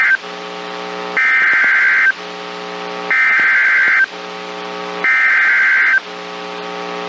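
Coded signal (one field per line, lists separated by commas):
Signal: Emergency Alert System (SAME) tones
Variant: header bursts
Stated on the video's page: EAS alerts captured through a TFT EAS 911 unit, including NOAA Weather Radio broadcasts.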